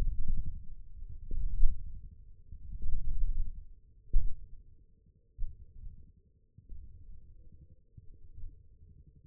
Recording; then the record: forearm muscle sounds (acoustic myography)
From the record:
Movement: thumb flexion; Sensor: system 1, eight BSWA MPA416 microphones around the upper forearm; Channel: 8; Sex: male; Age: 20 years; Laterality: left